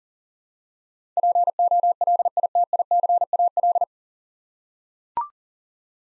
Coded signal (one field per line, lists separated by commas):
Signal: Morse code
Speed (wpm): 40 wpm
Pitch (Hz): 700 Hz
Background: none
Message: POLITICAL